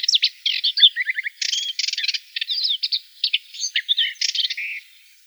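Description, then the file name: Subalpine warbler singing in jerky bursts of scratchy chatter, short trills and high chirps separated by brief gaps. "Slavka belousaja"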